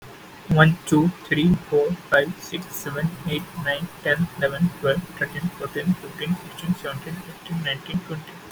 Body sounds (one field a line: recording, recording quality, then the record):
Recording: counting at a fast pace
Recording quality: excellent, no background noise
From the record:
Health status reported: exposed to COVID-19, no respiratory illness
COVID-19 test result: not tested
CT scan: not taken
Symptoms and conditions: none ticked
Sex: male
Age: 20 years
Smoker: no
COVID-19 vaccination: none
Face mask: not worn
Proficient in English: yes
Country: India